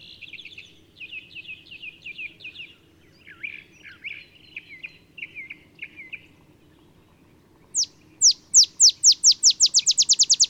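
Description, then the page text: Olive sparrow, loud accelerating chip notes building into a fast trill, after a stretch of softer buzzy chattering. Singing in early morning in Texas, about 50 miles north of the Mexican border; simple songs likened to a field sparrow's bouncing-ball song. "Olive Sparrow. Recording early morning just 50 miles north of the Mexican border in Texas"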